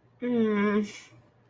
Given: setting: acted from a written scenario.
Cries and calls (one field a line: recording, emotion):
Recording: vocal sound without words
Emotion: embarrassment